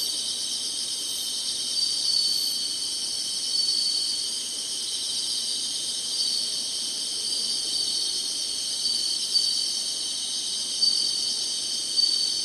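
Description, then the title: Continuous high-pitched insect chorus, a dense shrill drone with slight swells in loudness and a few faint sharper notes. Summer. "SINGING INSECTS SUMMER"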